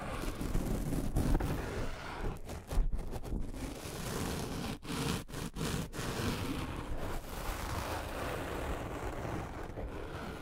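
Scratching and tracing across a surface makes a continuous, dense, rough rushing sound, heaviest in the low range. Brief silent breaks cut in around the second and third seconds and again near five to six seconds, then the steady scraping carries on evenly to the end.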